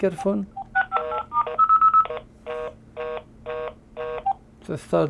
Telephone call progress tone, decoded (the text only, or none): reorder tone